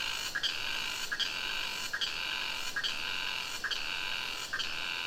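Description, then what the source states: Cicada song in pulsing phrases, each starting with a sharp onset and repeating roughly once a second over a continuous buzzy drone. Singing cicada recorded close to the river in the Sumatra jungle at Ketambe, Aceh region, using a Sony PCM D50.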